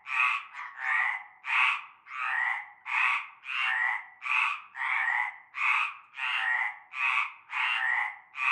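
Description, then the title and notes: Harsh frog croaks follow each other in a quick, fairly even rhythm, a chorus of overlapping callers. Frog chorus at nightfall in a large concrete basin holding stagnant greenish water, Avenue Cante Coucou, Groupède, La Ciotat, Bouches-du-Rhône, France. "Avenue Cante Coucou, Groupède, La Ciotat, Marseille, Bouches-du-Rhône, Provence-Alpes-Côte d'Azur, France métropolitaine, 13600, France - cœur de grenouilles. Une grande vasque en béton, un fond d'eau verdâtre croupissant. et un cœur de grenouilles dès la nuit tombée"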